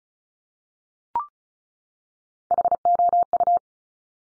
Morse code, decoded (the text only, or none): HOU